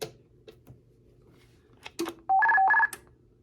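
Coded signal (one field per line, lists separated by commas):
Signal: roger beep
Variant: Stryker roger beep 3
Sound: clicks, then a quick warbling melody of stepped tones played twice, about half a second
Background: radio key clicks, low hum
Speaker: All right, so I programmed 3. Usually it's a bloop, but I put a little double loop back on it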